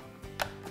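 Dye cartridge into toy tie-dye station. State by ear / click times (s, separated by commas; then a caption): seated / 0.4 s. A plastic magenta dye cartridge is pushed into its slot on a toy tie-dye station. A single sharp, bright click rings out at 0.4 s over a quiet background, with softer faint bumps just before and after. The cartridge seats in the station.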